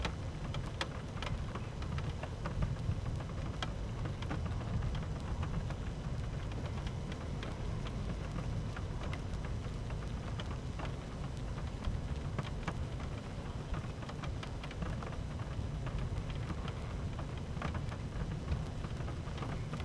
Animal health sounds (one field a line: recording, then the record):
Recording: honeybee colony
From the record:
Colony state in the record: active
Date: 12 June 2018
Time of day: 13:00